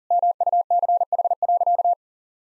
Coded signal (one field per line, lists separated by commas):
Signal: Morse code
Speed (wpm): 40 wpm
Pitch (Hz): 700 Hz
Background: none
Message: MUCH.